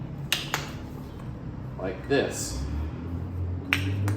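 A Tesla charger connector, with its dust cap removed, is pushed into the socket of a 20 ft extension cord, and the plastic connectors join with a sharp snap-like click at 0.3 s. Someone talks as further short clicks follow near 0.5 s and 3.7 s. The connector is seated and locked into place, so it needs its button pressed to release.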